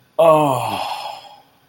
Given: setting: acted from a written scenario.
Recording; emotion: vocal sound without words; ecstasy